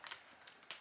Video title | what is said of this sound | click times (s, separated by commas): Eufy HomeVac H11 Pure Cordless Handheld Vacuum Cleaner Review | until you hear a click, like that. | 0.7 s